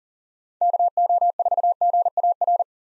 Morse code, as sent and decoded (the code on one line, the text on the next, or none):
-.- --- ....- --. .- .-.
KO4GAR